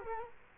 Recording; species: mosquito wingbeat signal from an infrared sensor; Culex quinquefasciatus